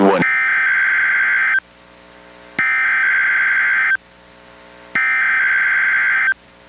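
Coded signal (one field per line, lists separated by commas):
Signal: Emergency Alert System (SAME) tones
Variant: header bursts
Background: speech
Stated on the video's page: NOAA Weather Radio required weekly test relayed by station KEC91 in Astoria, received on a Reecom R-1630 weather radio.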